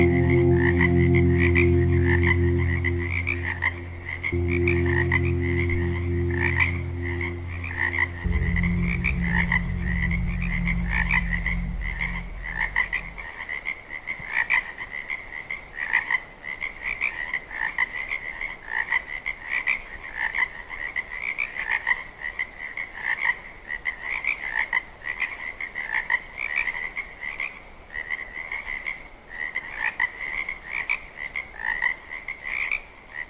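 Frogs croak in a steady, rapid chorus throughout, while low sustained meditation tones hum underneath, shifting twice and fading out around thirteen seconds.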